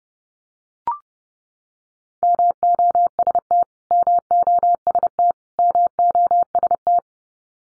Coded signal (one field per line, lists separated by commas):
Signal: Morse code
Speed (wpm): 30 wpm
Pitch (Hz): 700 Hz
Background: none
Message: MOST MOST MOST